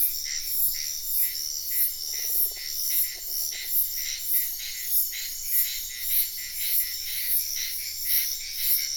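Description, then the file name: Frog producing a pair of short pulsed rattles in the first half, alongside a faint sustained tone, while a loud shrill insect chorus pulses steadily throughout. Wetland at night in Sian Ka'an Biosphere Reserve, with insects heard in the ambience. "felix blume nature ambience wetland night frogs insects bird heron type sian ka an biosphere reserve"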